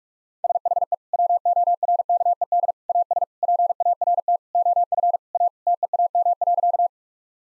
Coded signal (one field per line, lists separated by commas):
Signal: Morse code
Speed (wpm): 46 wpm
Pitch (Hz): 700 Hz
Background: none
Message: SHE WORKED AS PART OF A TEAM.